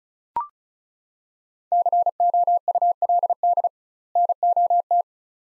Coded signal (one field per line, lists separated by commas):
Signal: Morse code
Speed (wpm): 36 wpm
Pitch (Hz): 700 Hz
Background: none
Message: COULD NOT